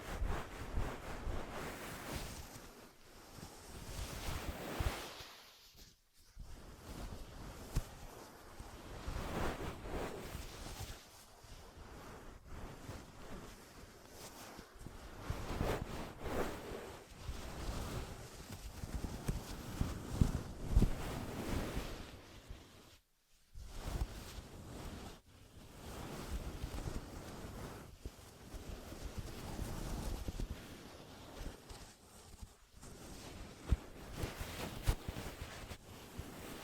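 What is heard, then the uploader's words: Ear massage sounds: continuous rubbing and rustling with a soft, whooshing texture, swelling and easing in uneven waves. The sound drops out almost completely for a moment around 6 seconds and again near 23 seconds, then the rubbing resumes. ASMR 10 Ear Massages for Sleep (No Talking).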